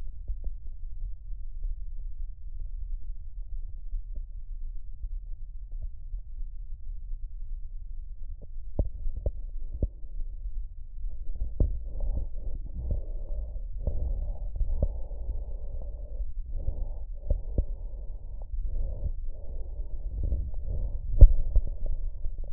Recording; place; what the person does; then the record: lung sounds by stethoscope; right posterior apical chest; quiet breathing, then deep breathing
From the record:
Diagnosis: interstitial lung disease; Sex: male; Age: 82 years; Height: 158 cm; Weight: 49 kg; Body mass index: 19.6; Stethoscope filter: extended mode